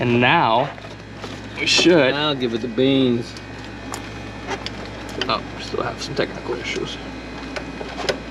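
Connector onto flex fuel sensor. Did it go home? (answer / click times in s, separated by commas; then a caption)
yes / 8.1 s. A connector is pushed onto the flex fuel sensor from an EFlexFuel Pro kit being installed on a Nissan 370Z. Someone talks for the first three seconds, then several small sharp knocks are heard during the fitting. The connector clips into place at 8.1 seconds and is confirmed seated.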